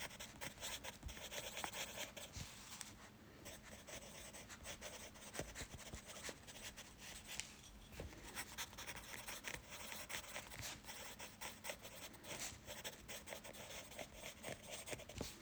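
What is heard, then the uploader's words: Quick writing in a journal, a steady, dense scratching and rubbing of pen on paper with frequent sharp strokes and brief taps throughout. This is how it sounds when writing in a journal rather quickly. Writing in a journal quickly.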